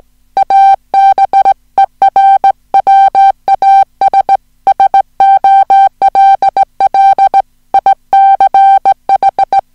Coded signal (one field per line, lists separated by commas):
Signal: Morse code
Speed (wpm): 17 wpm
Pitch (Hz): 780 Hz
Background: music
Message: ABER WAS SOLL ICH